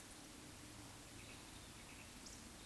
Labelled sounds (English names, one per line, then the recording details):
Eurasian Woodcock whistle
Eurasian Woodcock croak
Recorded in Baden-Württemberg, Germany, on 16 June 2021 at 19:58 UTC
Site 20675, 466 m above sea level